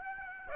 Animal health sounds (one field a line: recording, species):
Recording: mosquito wingbeat signal from an infrared sensor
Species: Aedes aegypti